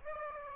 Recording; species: mosquito wingbeat signal from an infrared sensor; Aedes aegypti